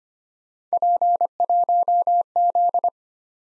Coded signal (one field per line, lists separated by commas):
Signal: Morse code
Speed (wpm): 28 wpm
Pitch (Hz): 700 Hz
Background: none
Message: P1Z